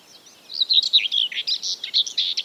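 Common whitethroat song, a fast scratchy warble of jerky, buzzy notes running on for about two seconds.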